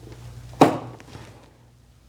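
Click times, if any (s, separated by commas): 0.6 s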